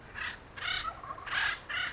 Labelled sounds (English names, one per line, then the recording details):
Acorn Woodpecker
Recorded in Sonoma County, California